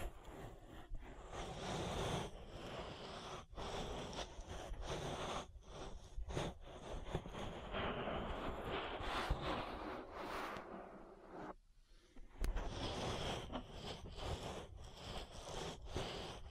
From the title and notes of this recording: ASMR Relaxing Ear Massage. (No Talking).